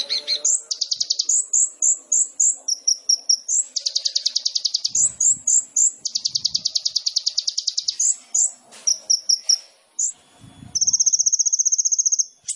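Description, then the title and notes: Sunbird song of very high chipped notes mixed with long rapid buzzy trills, ending with a steady fast high rattle; brief low rustles in between. Full song with varied fills and bursts (isian dan tembakan), singing actively (gacor), suited for prompting other birds. "MASTERAN KOLIBRI NINJA FULL ISIAN DAN TEMBAKAN COCOK BUAT PANCINGAN. Suara Burung Kolibri Ninja Gacor"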